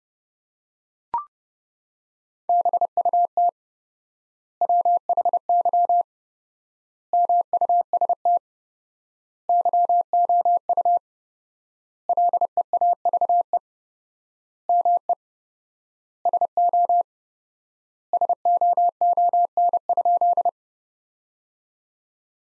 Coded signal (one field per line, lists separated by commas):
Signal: Morse code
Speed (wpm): 30 wpm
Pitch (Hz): 700 Hz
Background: none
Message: BUT WHY MUST YOU LEAVE ME SO SOON?